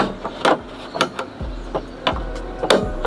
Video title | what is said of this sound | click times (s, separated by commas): Installing New Windshield Wiper Blade Install (Cutlass Build Log 91) | Alright, y'all heard it click? Heard it click. | 2.7 s